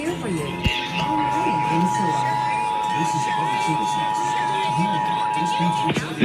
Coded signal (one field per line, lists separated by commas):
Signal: Emergency Alert System (SAME) tones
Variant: 853 and 960 Hz attention tone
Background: speech, music